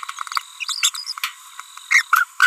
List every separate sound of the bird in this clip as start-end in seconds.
0.61-0.64, 0.68-0.90, 0.94-1.12, 1.91-2.02